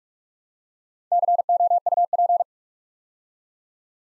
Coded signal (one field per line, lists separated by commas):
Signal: Morse code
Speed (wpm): 44 wpm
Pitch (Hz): 700 Hz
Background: none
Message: COUP